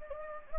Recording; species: mosquito wingbeat signal from an infrared sensor; Anopheles gambiae